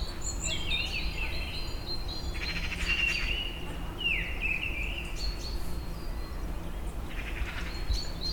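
Birds calling: bright chirps and quick slurred whistles, some rising and falling, from several birds at once over a steady low rumble.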